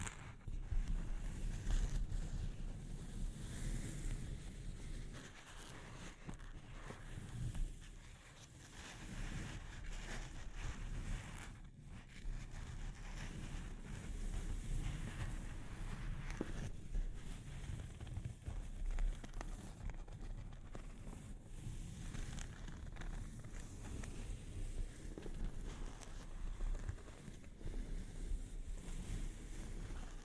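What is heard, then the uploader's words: Delicate mic scratching forms a dense, steady rumbling rustle like washing water, with brief quieter dips near eight and twelve seconds. Delicate Mic Scratching and Tapping.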